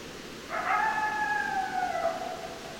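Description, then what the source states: Coyote howl, a single sustained wavering howl lasting about a second and a half, several harmonics gently falling at the end, over a steady low hiss. Recorded 10 December 2012.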